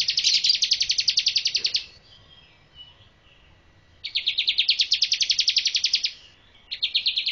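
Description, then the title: Bar-winged prinia calling in fast trains of buzzy, clipped notes, three bursts separated by pauses of about two seconds and half a second. Female bird. "Burung Ciblek Betina"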